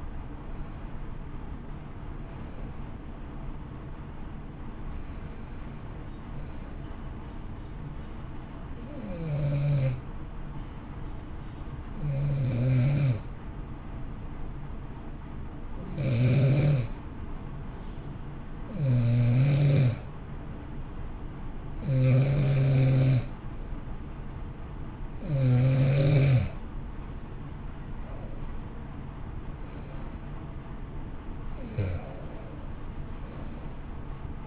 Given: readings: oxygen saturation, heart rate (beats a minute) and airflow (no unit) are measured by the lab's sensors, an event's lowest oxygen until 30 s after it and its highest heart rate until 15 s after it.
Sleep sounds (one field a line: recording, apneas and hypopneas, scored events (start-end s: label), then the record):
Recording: breathing in sleep by a smartphone at the bedside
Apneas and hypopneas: 1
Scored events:
6.00-25.30 s: hypopnea (N1, oxygen 95% highest, then 90% lowest, heart rate 59 at the start, 66 highest)
10.00-34.47 s: new sleep stage, N2 (light sleep)
From the record:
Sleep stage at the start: N1 (lightest sleep)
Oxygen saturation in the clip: 90 to 95%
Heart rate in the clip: 58 to 66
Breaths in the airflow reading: 12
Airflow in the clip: -1.5 to 2.3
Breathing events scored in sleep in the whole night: 328 in 6.3 hours asleep